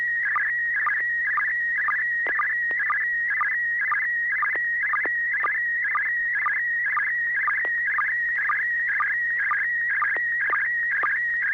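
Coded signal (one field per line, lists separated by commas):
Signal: SSTV (slow-scan television)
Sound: steady warbling tone around 2 kHz with rhythmic short low chirps about twice a second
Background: low mains hum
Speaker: uh well that came through very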